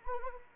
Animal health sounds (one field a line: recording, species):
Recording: mosquito wingbeat signal from an infrared sensor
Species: Anopheles arabiensis